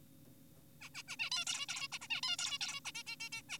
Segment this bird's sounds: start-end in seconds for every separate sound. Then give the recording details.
0.81-0.89, 0.95-1.03, 1.08-1.16, 1.20-1.30, 1.32-1.45, 1.47-1.66, 1.69-1.88, 1.92-1.99, 2.02-2.08, 2.10-2.21, 2.23-2.37, 2.39-2.58, 2.61-2.80, 2.85-2.92, 2.95-3.03, 3.07-3.16, 3.20-3.29, 3.32-3.42, 3.49-3.58. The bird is an adult. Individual g4p5U